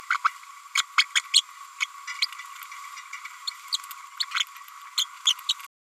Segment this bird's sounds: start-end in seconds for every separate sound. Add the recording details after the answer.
0.10-0.17, 0.75-0.82, 0.97-1.03, 1.15-1.21, 1.33-1.41, 1.81-1.86, 2.21-2.26, 3.47-3.50, 3.72-3.77, 4.97-5.06. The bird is a female. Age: 31 days. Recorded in a nest box in Venezuela. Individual 17B102A6